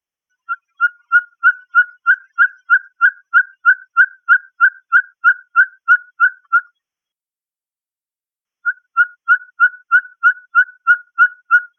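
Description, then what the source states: Ferruginous pygmy owl giving a long series of clear whistled toots, about three per second, pausing for two seconds before resuming the same steady rhythm. Texas, 21 June 2005.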